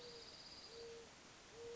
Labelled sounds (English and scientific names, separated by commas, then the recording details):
Mourning Dove (Zenaida macroura)
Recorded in Sonoma County, California